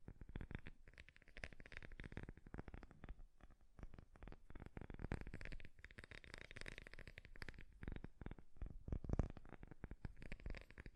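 Fast tapping, very dense, runs through the whole stretch as a rapid, uneven patter of crisp clicks. The taps hold a steady level with a brief thinning around three to four seconds and a sharper knock near nine seconds. No voice is heard.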